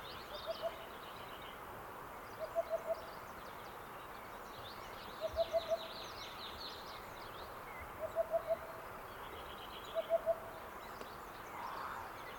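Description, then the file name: Cuckoo repeating clipped runs of three to four quick mellow notes with a few seconds between, faint twittering from other birds above. "minutes of cuckoos"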